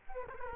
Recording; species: mosquito wingbeat signal from an infrared sensor; Culex quinquefasciatus